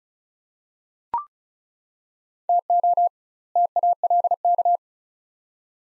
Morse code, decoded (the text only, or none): TO TALK